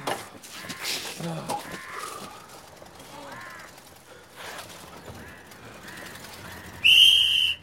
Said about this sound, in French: Toujours les sifflets nous remettaient debout, déclenchaient notre douloureux mécanisme de porteur de fardeau.